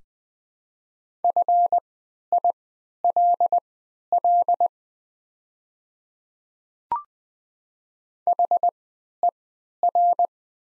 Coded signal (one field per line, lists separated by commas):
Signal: Morse code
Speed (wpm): 20 wpm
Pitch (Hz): 700 Hz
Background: none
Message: FILL HER